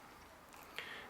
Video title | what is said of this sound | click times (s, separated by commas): Spyder MRX™ Paintball Marker Overview | arrow is now lined up it's now locked | 0.8 s